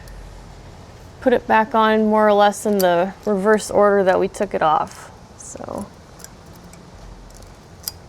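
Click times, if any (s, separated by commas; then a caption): 7.9 s. Someone talks while a metal chainring is pressed back onto the crank/motor spindle of a Levo SL e-bike, going on in reverse order of removal. After the talking, a few faint taps and handling sounds follow before a sharp little click at 7.9 s. The chainring seats on the crank spider and sits flush all the way around.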